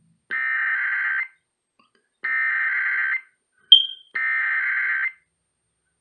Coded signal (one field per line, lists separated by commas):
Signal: Emergency Alert System (SAME) tones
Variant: header bursts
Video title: KBLA 1580 Required Weekly Test (EAS #1039) 5/10/19